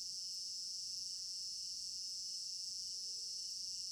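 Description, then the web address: Crickets produce a dense shrill chorus of rapid pulses, with a faint soft low note briefly heard near the end. Crickets in an African village garden at night, stereo binaural recording. "African-Village Garden Night Crickets 03 Stereo-Binaural. immersive sound library"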